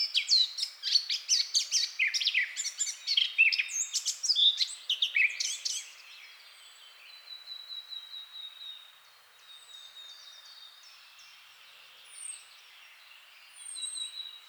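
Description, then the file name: Eurasian blackcap song: about six seconds of rapid, varied warbling, then quiet with a few faint, high, drawn-out whistles. "Sylvia atricapilla"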